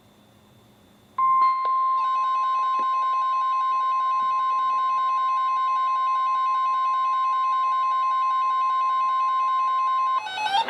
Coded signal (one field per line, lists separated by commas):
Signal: Emergency Alert System (SAME) tones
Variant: 1050 Hz attention tone